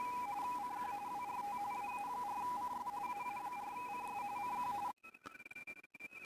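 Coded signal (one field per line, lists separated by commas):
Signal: RTTY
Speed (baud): 45.45 baud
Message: CQ WRT AA4CS AA4CS CQ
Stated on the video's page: Weekly RTTY contest on FT991A at 30 watts, Palomar Bullet 29.5 ft end-fed antenna with LDG Z-11Pro II autotuner.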